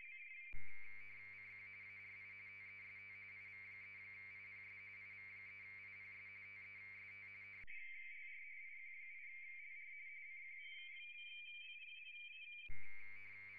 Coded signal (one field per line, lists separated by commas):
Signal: RTTY